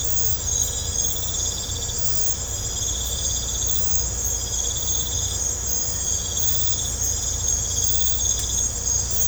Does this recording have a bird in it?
no